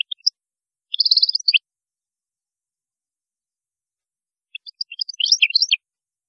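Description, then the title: European goldfinch twittering: a few notes, a short burst of fast tinkling notes, a pause, then a jumbled run of bright chirps. "Chant Chardonneret"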